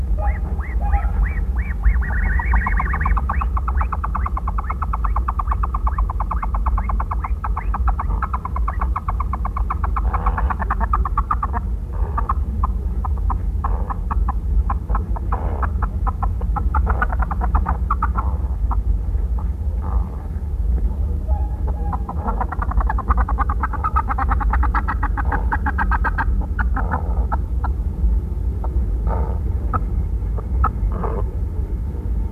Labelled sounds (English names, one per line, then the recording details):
Andean Goose call
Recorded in captivity
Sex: diverse
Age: adult
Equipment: Halbspur, 9,5 cm/s
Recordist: Lütgens, Hans